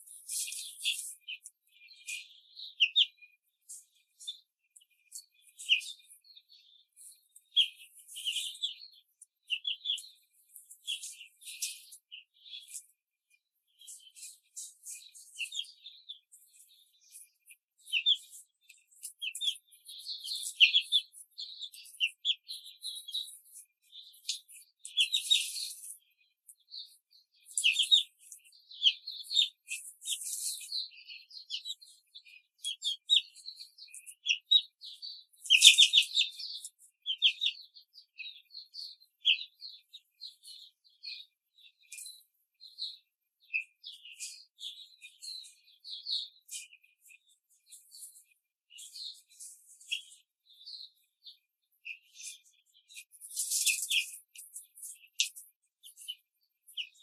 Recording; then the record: young laying hens in a cage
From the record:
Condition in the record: control cage, before the stress test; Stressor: none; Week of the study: 4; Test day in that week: 3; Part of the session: 2